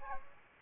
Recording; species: mosquito wingbeat signal from an infrared sensor; Aedes aegypti